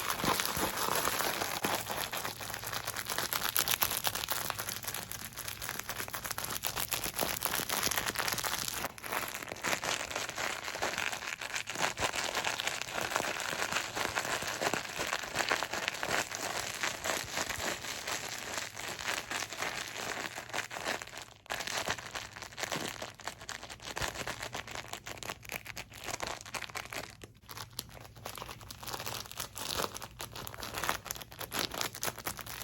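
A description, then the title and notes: Fast, dense crinkly and squishy triggers crackle almost without pause, bright and busy throughout, with brief dips near 21 and 27 seconds. ASMR Fast Paced Squishy + Crinkly Triggers.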